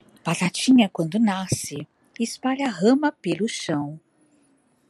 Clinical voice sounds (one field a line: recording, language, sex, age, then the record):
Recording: short text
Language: Brazilian Portuguese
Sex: female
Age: 50 to 59 years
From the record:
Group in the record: control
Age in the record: 58 years